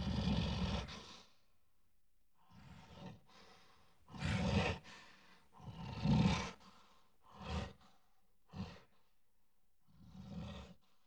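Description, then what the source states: Gorilla roars and breaths: a series of rough, breathy bursts, mostly about a second long or less, separated by short pauses and heavy exhalations. Roars with breaths.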